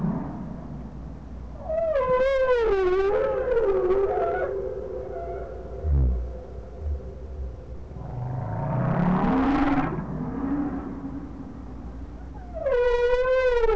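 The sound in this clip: Whale calls: a wavering harmonic moan sliding down and up, later a rising swoop, and a final wavering tonal call, all over steady low rumbling noise.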